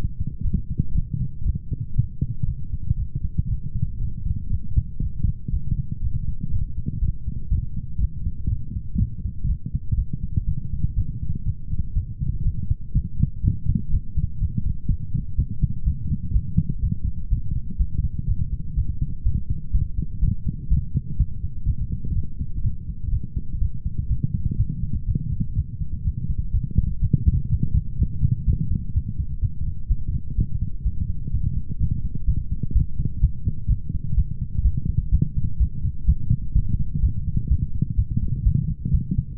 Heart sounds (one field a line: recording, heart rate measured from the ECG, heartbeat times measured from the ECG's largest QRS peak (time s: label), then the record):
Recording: heart sounds by stethoscope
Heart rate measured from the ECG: 123 bpm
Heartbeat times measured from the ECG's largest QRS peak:
0.43 s: heartbeat
0.93 s: heartbeat
1.44 s: heartbeat
1.95 s: heartbeat
2.46 s: heartbeat
2.97 s: heartbeat
3.48 s: heartbeat
3.99 s: heartbeat
4.50 s: heartbeat
5.01 s: heartbeat
5.51 s: heartbeat
6.01 s: heartbeat
6.51 s: heartbeat
7.00 s: heartbeat
7.50 s: heartbeat
7.99 s: heartbeat
8.48 s: heartbeat
8.98 s: heartbeat
9.47 s: heartbeat
9.96 s: heartbeat
10.46 s: heartbeat
10.96 s: heartbeat
11.45 s: heartbeat
11.95 s: heartbeat
12.44 s: heartbeat
12.93 s: heartbeat
13.43 s: heartbeat
13.91 s: heartbeat
14.40 s: heartbeat
14.88 s: heartbeat
15.37 s: heartbeat
15.85 s: heartbeat
16.33 s: heartbeat
16.81 s: heartbeat
17.30 s: heartbeat
17.78 s: heartbeat
18.27 s: heartbeat
18.75 s: heartbeat
19.24 s: heartbeat
19.72 s: heartbeat
20.21 s: heartbeat
20.69 s: heartbeat
21.18 s: heartbeat
21.66 s: heartbeat
22.14 s: heartbeat
22.62 s: heartbeat
23.11 s: heartbeat
23.60 s: heartbeat
24.08 s: heartbeat
24.57 s: heartbeat
25.06 s: heartbeat
25.55 s: heartbeat
26.03 s: heartbeat
26.52 s: heartbeat
27.01 s: heartbeat
27.49 s: heartbeat
27.97 s: heartbeat
28.45 s: heartbeat
28.93 s: heartbeat
29.41 s: heartbeat
29.89 s: heartbeat
30.36 s: heartbeat
30.84 s: heartbeat
31.31 s: heartbeat
31.79 s: heartbeat
32.26 s: heartbeat
32.74 s: heartbeat
33.21 s: heartbeat
33.68 s: heartbeat
34.16 s: heartbeat
34.64 s: heartbeat
35.11 s: heartbeat
35.59 s: heartbeat
36.06 s: heartbeat
36.54 s: heartbeat
37.02 s: heartbeat
37.49 s: heartbeat
37.97 s: heartbeat
38.44 s: heartbeat
38.92 s: heartbeat
From the record:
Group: healthy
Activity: light exercise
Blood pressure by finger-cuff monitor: 172/111 mmHg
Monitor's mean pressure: 127 mmHg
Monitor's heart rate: 124 bpm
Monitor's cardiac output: 10.4 L/min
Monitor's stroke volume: 83 mL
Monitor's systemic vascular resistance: 930 dyn s/cm5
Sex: male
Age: 24 years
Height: 184 cm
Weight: 89 kg